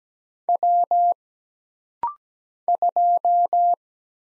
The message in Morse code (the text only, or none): W 2